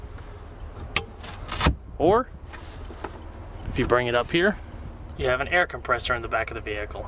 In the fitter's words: locks in place